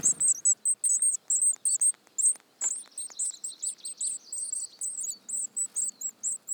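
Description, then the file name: Eurasian blue tit calling: high, thin chirps come in quick runs, with fainter lower sliding notes underneath. "Cyanistes caeruleus"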